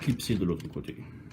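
A small hinged plastic panel is being handled on the body of a robot figure while someone talks. It has not seated or clicked into place yet, and only a faint short tap is heard at 1.3 s at the very end.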